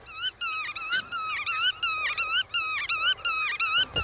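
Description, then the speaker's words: Black-tailed Godwit calling: nasal, strongly harmonic notes repeated in quick succession throughout. Played as an example of the godwit's call. "Laten we even luisteren naar het geluid van de grutto."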